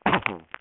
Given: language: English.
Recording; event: throat vibration sensor signal played as sound; cough